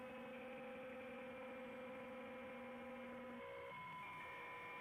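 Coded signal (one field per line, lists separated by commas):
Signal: PSK63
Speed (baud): 62.5 baud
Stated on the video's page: 80 m contest operation, livestreamed.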